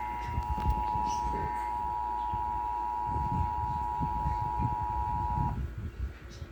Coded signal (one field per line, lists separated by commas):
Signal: Emergency Alert System (SAME) tones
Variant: 853 and 960 Hz attention tone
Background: speech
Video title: (4 IN 1!) EAS Capture | National Periodic Test | 10/4/2023